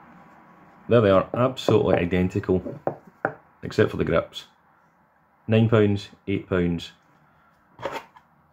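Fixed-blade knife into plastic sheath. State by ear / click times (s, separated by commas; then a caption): seated / 8.2 s. A Hultafors Craftsman fixed-blade bushcraft knife is pushed into its plastic sheath while someone talks. At 8.2 s it snaps home with a sharp positive click, seated so that it does not fall out.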